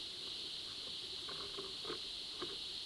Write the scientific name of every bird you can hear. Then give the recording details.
none. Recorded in pastures near Puerto Asís, Putumayo, Colombia, on 19 February 2024 at 10:30. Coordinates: 0.497, -76.327. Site G7276